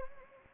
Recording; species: mosquito wingbeat signal from an infrared sensor; Anopheles arabiensis